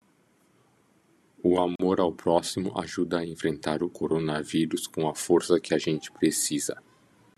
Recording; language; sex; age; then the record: spoken sentence; Brazilian Portuguese; male; 30 to 39 years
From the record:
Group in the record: control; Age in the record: 39 years